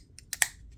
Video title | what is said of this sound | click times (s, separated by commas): TONS of Samsung Galaxy Z Flip 5 Cases DETAILED Review | locks in place well let's go ahead and put uh | 0.4 s